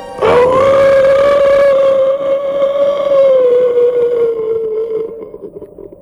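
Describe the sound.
A person imitates a wolf with one long, loud howl, holding a steady mid pitch for about five seconds before sliding slightly lower and trailing off, with no other sounds.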